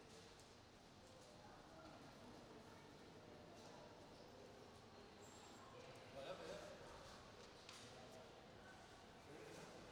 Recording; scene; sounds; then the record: everyday scene through a hearing-aid microphone; reverberant space; announcement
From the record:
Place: railway station hall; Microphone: in the ear canal, right